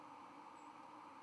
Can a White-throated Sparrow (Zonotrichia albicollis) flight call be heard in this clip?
yes